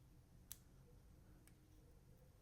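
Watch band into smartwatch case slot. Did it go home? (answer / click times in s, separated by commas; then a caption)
yes / 0.5 s. A second band piece slides into the bottom slot of an Apple Watch Ultra 3 case while the tab in the middle is pressed with a fingernail. A sharp click at 0.5 s marks the band seating, followed by a fainter tick at 1.5 s over low steady background noise.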